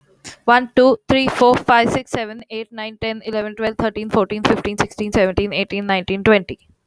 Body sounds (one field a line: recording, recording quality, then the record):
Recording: counting at a fast pace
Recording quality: excellent, no background noise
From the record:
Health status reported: healthy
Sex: female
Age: 20 years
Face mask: not worn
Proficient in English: yes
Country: India